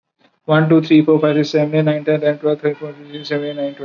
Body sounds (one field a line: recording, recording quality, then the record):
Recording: counting at a normal pace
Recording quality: excellent, no background noise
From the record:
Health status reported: recovered from COVID-19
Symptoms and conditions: none ticked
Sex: male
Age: 25 years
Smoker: not ticked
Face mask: worn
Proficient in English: yes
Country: India